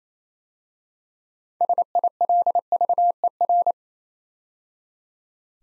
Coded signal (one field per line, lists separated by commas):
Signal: Morse code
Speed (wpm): 29 wpm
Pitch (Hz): 700 Hz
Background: none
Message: SILVER